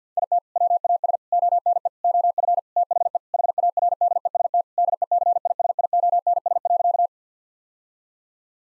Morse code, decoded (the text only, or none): IT WAS ONE OF THE HARDEST DECISIONS.